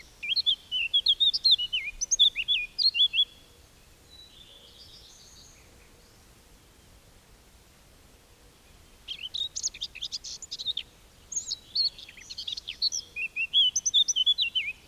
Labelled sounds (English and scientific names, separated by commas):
Eurasian Blackcap (Sylvia atricapilla) song